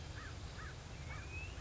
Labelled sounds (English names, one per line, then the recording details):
American Crow
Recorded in Sonoma County, California